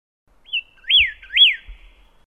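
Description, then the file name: Pyrrhuloxia song: a short high opening whistle, then two strong up-and-down slurred notes. "suara kicauan burung pyrrhuloxia. omkicau"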